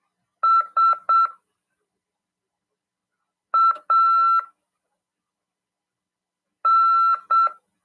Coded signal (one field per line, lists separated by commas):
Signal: Morse code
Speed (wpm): 7 wpm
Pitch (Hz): 1340 Hz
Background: none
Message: S A N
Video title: RADIOAMADOR 2ªED 2/12/2022 "AULA 39: CW, LEGISLA e C.RODADA" FM 146.410 Mhz PY2EXU PAULO CRASP/RAF.